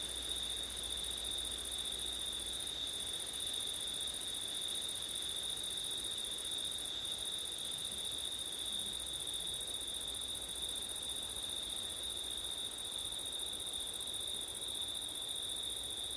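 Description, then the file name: Long steady cricket chorus of high continuous trills, the top voice breaking off twice for an instant, with soft wind noise throughout. Crickets recorded on a September night with wind. "crickets wind september night ortif"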